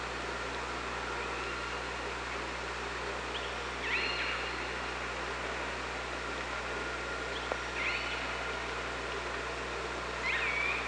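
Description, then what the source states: Killer whale calls, three sharp squeals that dip and then hold a flat tone, a few seconds apart, against a steady underwater hiss and low hum. Hydrophone at OrcaLab, 24 August 2017, around 15:31.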